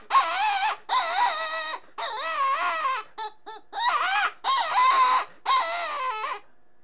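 Rabbit crying: long, wavering, nasal wails of nearly a second each, separated by short breaks, with a few brief clipped notes midway.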